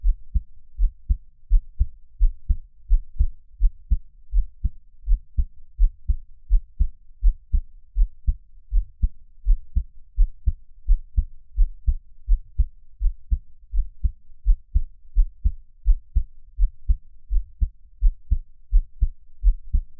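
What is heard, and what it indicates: Steady, regular low heart thumps at about 85 beats a minute from an adult's own heart, recorded close-up for ASMR with no talking; best heard on headphones.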